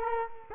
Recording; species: mosquito wingbeat signal from an infrared sensor; Culex quinquefasciatus